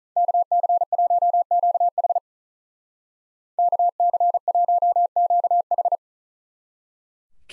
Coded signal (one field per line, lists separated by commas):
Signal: Morse code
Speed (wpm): 45 wpm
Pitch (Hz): 700 Hz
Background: none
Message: KC1QH KC1QH